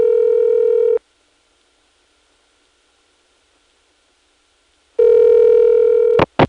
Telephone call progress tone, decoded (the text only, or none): ringback tone